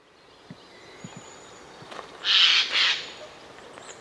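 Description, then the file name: Eurasian jay uttering one hoarse, noisy double screech after a quiet spell, with a few faint clicks before it. "Garrulus glandarius"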